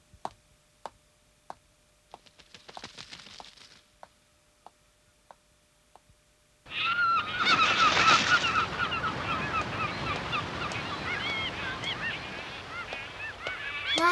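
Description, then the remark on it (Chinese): A few sharp, evenly spaced clicks give way to a sudden, loud chorus of seagulls, many harsh squawking calls overlapping continuously until the end, in a scene of the 1987 TVB Cantonese City Hunter cartoon. “好多海鸥啊！”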